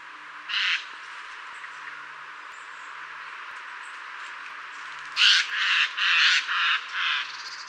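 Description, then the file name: Eurasian jay harsh screeching calls: one rasping shriek, a pause of several seconds, then a burst of five raspy screeches in quick succession. "Garrulus glandarius"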